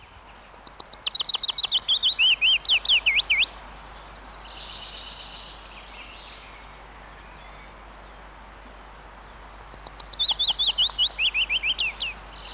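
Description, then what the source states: Willow Warbler song: two soft phrases of quick whistled notes that slide down the scale, about six seconds apart. Recorded in Finland; song resembles chaffinch's but softer and more melancholy, in a minor key, not ending in a flourish.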